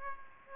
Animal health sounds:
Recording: mosquito wingbeat signal from an infrared sensor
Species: Aedes aegypti

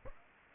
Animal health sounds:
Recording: mosquito wingbeat signal from an infrared sensor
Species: Aedes aegypti

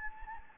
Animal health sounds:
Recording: mosquito wingbeat signal from an infrared sensor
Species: Anopheles gambiae

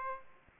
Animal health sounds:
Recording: mosquito wingbeat signal from an infrared sensor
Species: Aedes aegypti

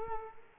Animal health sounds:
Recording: mosquito wingbeat signal from an infrared sensor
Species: Culex quinquefasciatus

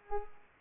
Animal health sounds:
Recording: mosquito wingbeat signal from an infrared sensor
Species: Culex pipiens

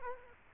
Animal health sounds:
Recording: mosquito wingbeat signal from an infrared sensor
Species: Culex quinquefasciatus

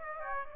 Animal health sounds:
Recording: mosquito wingbeat signal from an infrared sensor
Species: Aedes aegypti

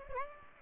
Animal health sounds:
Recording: mosquito wingbeat signal from an infrared sensor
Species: Aedes aegypti

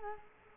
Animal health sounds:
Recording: mosquito wingbeat signal from an infrared sensor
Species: Culex quinquefasciatus

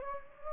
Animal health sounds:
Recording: mosquito wingbeat signal from an infrared sensor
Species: Anopheles gambiae

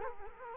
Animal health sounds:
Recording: mosquito wingbeat signal from an infrared sensor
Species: Culex quinquefasciatus

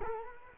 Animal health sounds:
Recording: mosquito wingbeat signal from an infrared sensor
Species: Culex quinquefasciatus

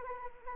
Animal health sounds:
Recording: mosquito wingbeat signal from an infrared sensor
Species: Anopheles arabiensis

